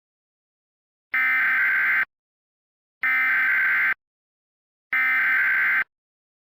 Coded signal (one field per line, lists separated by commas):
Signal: Emergency Alert System (SAME) tones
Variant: header bursts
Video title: EAS Scenario #2: Shiver